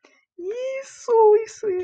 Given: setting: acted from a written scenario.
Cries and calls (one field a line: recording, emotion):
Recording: vocal sound without words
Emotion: elation